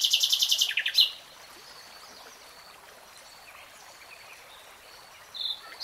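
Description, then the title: Nightingale song: a fast burst of high repeated notes at the start, then near silence with faint background noise and a brief note at the end. "[Tiếng chim hót] REALTIME Nightingale Singing"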